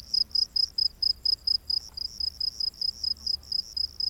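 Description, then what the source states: Cricket chirping in clear regular bursts of high pulses, repeated several times a second. Crickets recorded during the day.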